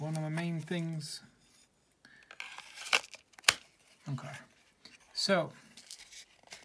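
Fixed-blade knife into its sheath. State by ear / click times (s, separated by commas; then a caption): not seated / none. Someone talks while handling a Holtzman's Gorilla Silverback fixed-blade survival knife and its sheath, which has a retention catch, producing rustling and a series of sharp taps and knocks between about 2.4 and 3.5 s, the loudest at 3.5 s. More handling noise and talk follow. The knife has not yet clicked into the sheath; nothing has seated.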